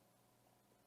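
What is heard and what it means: The joining tab of a double-cone model kit is being handled and pushed with slight force toward the opposite cone half, producing only a low, steady background hiss with faint handling noise. The part has not gone home yet, and nothing has seated or clicked.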